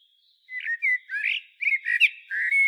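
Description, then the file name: Common blackbird singing a short run of rich, fluty warbled notes mixed with brief higher squeaks, delivered almost without a break. "Turdus merula"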